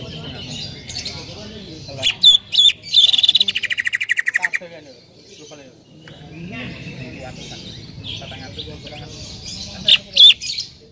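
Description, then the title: Bird chirps and a long rapid buzzy trill, with more sharp chirps near the end over a low background hum. "Kicau Burung"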